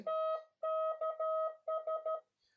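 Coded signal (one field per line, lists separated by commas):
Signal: Morse code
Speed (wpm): 13 wpm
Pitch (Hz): 1270 Hz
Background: none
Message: TKS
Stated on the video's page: Spanish Morse code lesson on service abbreviations from a naval communications engineering school.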